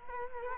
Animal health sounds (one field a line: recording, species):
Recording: mosquito wingbeat signal from an infrared sensor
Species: Culex quinquefasciatus